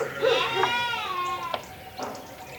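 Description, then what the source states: Sheep bleating: a wavering, harmonic cry that slides downward over about a second, followed by short fainter sounds. Lambs at a farmhouse (cortijo).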